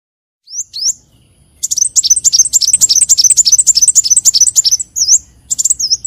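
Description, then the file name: Leafbird song: two rising whistles, then a long, fast run of bright chattering chirps, ending with a few looping whistled notes. "Tieng chim xanh tim"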